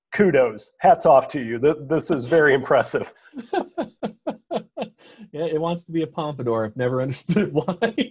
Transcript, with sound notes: Kudos, hats off to you. This is very impressive.
[laughter] It wants to be a pompadour, never understood why.